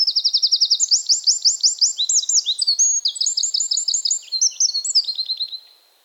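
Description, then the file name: Eurasian wren song bursting in at once: fast, high, metallic trills and clipped repeated notes that change pace several times before stopping abruptly. "Troglodytes troglodytes"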